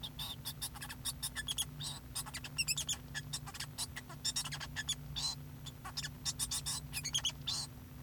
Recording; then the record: song of a male Bengalese finch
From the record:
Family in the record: son of father 2